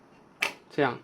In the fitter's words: 你看这样是一个解锁状态，这个一按就开。